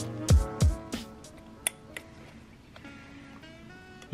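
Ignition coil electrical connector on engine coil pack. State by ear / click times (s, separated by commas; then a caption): released / 1.7 s. Someone presses down on the back of the plastic locking tab of an ignition coil's electrical connector on the engine coil pack of a Honda Civic Type R (FK8) to unclip it before pulling it off. A short, sharp click is heard at 1.7 s over background music, and the connector is released.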